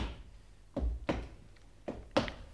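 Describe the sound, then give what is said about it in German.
Four heavy, dull footsteps approaching a couch fall in two uneven pairs, each a short thudding knock, the last step a bit louder than the rest, with no talking over them. “Entschuldigung, dieses Schicksal, verehrte Hörer, wird bestimmt von den Schritten, die sich soeben mit gefährlicher Markanz der Couch nähern.”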